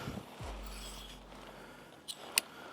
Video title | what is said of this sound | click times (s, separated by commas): Must-Have Camping Gear Review - Budget-Friendly & Reliable | till you hear a click. And then continue that all sides. | 2.4 s